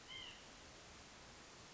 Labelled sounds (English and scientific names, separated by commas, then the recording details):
White-breasted Nuthatch (Sitta carolinensis)
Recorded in Sonoma County, California